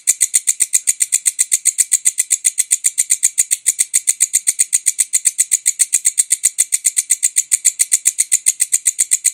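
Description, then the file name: Bush cricket giving a steady train of sharp, hissing high pulses at a fast even pace, unbroken throughout. "suara walang kecek"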